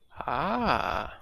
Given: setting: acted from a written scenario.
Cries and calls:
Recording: vocal sound without words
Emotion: awe

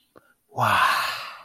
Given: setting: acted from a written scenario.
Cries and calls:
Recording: vocal sound without words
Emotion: romantic love

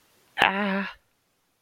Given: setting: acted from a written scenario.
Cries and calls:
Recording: vocal sound without words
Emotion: pain

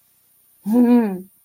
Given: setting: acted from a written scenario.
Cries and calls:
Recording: vocal sound without words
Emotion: adoration

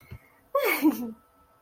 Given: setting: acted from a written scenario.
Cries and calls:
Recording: vocal sound without words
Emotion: pride

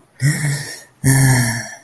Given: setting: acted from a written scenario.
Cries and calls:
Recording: vocal sound without words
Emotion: relief

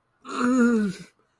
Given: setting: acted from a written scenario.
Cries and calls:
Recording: vocal sound without words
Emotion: ecstasy

